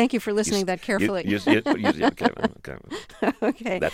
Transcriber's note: laughter